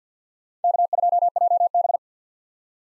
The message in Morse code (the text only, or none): K2JB